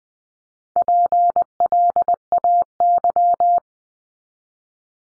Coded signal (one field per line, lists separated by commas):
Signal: Morse code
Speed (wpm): 20 wpm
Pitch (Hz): 700 Hz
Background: none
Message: PLAY